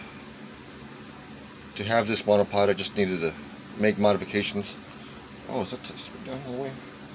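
A modified fitting is handled on a monopod with a flashlight while someone talks over a steady background hum. Nothing has seated or clicked yet; the part is not yet home.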